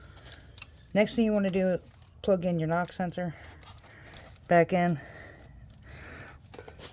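Someone talks while the knock sensor wiring connector is handled by hand to plug it back into the knock sensor on the engine of a 2004 Honda Accord EX 2.4L during a starter replacement, with a few faint, sharp ticks and taps between the speech. The connector has not seated or clicked yet.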